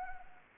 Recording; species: mosquito wingbeat signal from an infrared sensor; Anopheles gambiae